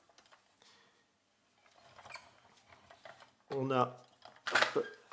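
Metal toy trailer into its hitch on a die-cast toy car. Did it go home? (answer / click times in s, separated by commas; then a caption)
yes / 4.6 s. A metal trailer is clipped into its hitch on a vintage die-cast toy car, and it seats with a sharp click at 4.6 s. Small handling taps come before it, and someone talks.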